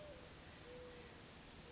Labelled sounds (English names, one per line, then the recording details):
Mourning Dove
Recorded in Sonoma County, California